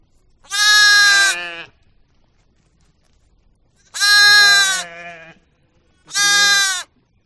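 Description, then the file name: Sheep giving three loud, harmonic bleats about two to four seconds apart, each lasting around a second, with a rough, wavering tail on the first two. "audio hero Sheep"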